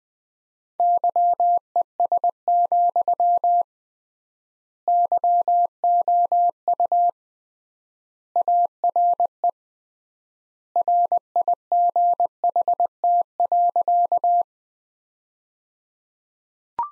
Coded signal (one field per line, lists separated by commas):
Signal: Morse code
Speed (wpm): 20 wpm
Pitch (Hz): 700 Hz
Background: none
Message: YES, YOU ARE RIGHT.